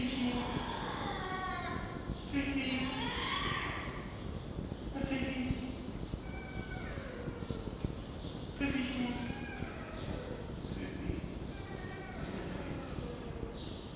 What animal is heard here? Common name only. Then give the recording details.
Red Fox. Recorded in captivity. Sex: female. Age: adult. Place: Zoologisches Institut der HUB, Berlin, DE. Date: 1952-06-02 12:05. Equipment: Elmetra. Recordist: Tembrock, Günter. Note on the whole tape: Fiffi in Säugestellung, "antwortet" auf Anreden des Beobachters. Fiffi: geschlossenes Keifen (Knätschen?)